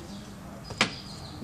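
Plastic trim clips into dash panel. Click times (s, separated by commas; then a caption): 0.8 s. Plastic pop-in trim clips on the dash panel of a 2007–2012 GMC Acadia are pushed into place during an ignition switch replacement. A single sharp, bright click rings out at 0.8 s over a low, steady background. The clips seat.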